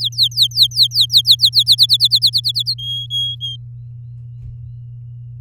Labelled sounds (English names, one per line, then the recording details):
Domestic Canary song
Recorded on 7 May 2018 at 17:15
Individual llb16